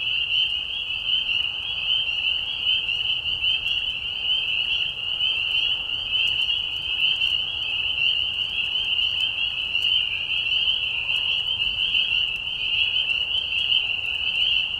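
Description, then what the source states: Massed spring peepers produce a constant high-pitched trilling wall of peeps, steady in loudness. Chorus of peepers in a marsh at night, mating call during a very short spring season; high whistles at low volume; Tiny Marsh Conservation Area, Tiny, Ontario.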